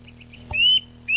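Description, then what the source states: Eurasian nuthatch song: three short soft notes, then a long, loud upslurred whistle and another starting at the end. Recorded 29 April 1994.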